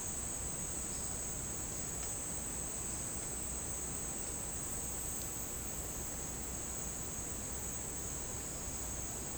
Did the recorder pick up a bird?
no